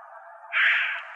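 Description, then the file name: Williamson's Sapsucker giving a single harsh, nasal squeal, rising out of a low background hiss. Recorded in Arizona on 23 May 2007. "WISA deviche"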